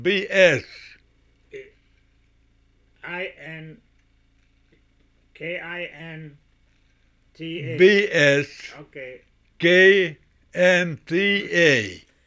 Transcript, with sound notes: B-S...
I-N, -K-I-N-T-A.
(emphatically) B-S-K-N-T-A